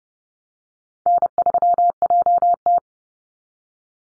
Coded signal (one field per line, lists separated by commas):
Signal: Morse code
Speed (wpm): 30 wpm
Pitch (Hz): 700 Hz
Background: none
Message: N3JT